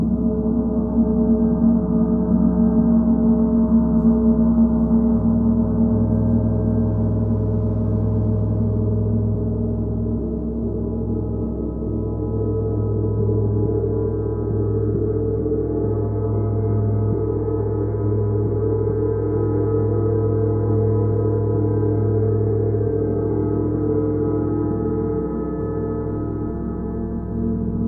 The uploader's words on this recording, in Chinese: 銅鑼練習Gong。